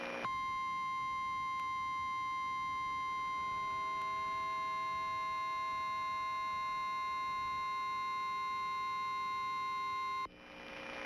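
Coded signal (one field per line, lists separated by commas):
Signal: Emergency Alert System (SAME) tones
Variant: 1050 Hz attention tone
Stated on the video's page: Fictional EAS scenario about a tornado hitting Memphis.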